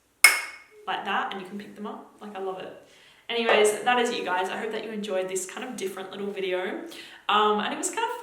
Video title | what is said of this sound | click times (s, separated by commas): BEST FRAGRANCE BOTTLES EVER...... | I also have to mention that I love that they click into place like | 0.2 s